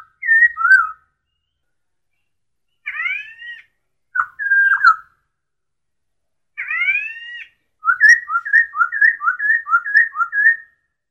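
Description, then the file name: Masked laughingthrush song of varied whistles: slurred falling notes, paired rising glides, then a fast run of alternating high and low whistled notes near the end. Song given during dance display; Indonesian name poksay hongkong. "suara tarian poksay hongkong"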